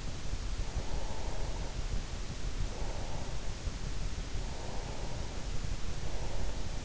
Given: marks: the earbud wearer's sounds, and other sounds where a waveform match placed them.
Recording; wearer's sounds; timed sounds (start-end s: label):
sounds in sleep by an in-ear microphone; breath
0.55-3.41 s: breath
4.32-6.85 s: breath